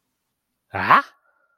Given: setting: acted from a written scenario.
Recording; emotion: vocal sound without words; confusion